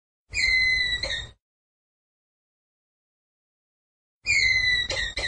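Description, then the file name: Ground squirrel uttering a steady, whistled call of about one second, a long silence, then another call that breaks into quick stuttered notes. "Tieng soc dat keu"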